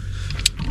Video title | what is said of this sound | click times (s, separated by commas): We have a Flat Tyre !!!! | There we go. Wait for the click. There we go. | 0.5 s